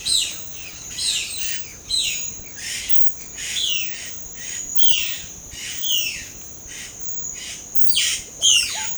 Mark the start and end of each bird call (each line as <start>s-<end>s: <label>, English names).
0.00s-8.98s: Violaceous Jay
7.83s-8.87s: Russet-backed Oropendola